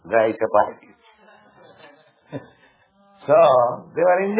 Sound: laughs